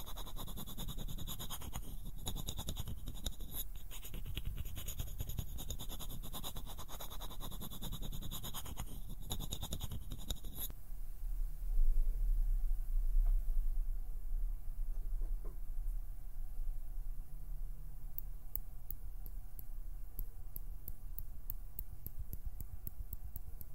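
Dense, scratchy fingers plucking and pinching for about ten seconds, then a sudden drop to softer fluttering rustles with faint ticking near the end.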